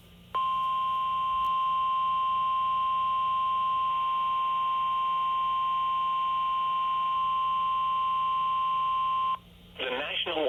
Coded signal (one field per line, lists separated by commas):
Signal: Emergency Alert System (SAME) tones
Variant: 1050 Hz attention tone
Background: speech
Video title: DOUBLE HEADER Flood Warning WXL40 EAS#127-128